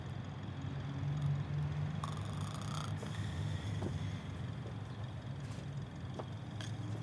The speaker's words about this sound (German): Hallo? Schnarcht da jemand?